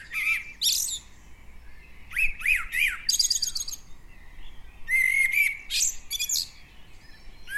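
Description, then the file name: Common blackbird singing repeated phrases: soft, low whistles leading into rapid, high-pitched squeaky trills, with brief gaps between phrases. "Turdus merula"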